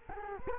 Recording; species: mosquito wingbeat signal from an infrared sensor; Culex quinquefasciatus